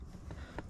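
A parking sensor chime speaker from an Audi A6 C6 is pushed into its plastic mounting clip. Over a low rumbling background, a softer knock comes at about 0.3 s, then a sharp click at 0.6 s as the clip pops in and locks, seating the speaker in position.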